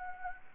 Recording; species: mosquito wingbeat signal from an infrared sensor; Anopheles gambiae